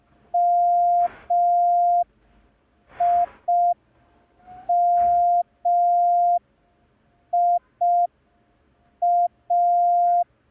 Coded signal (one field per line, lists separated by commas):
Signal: Morse code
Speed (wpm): 5 wpm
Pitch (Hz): 700 Hz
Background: none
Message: MIMIA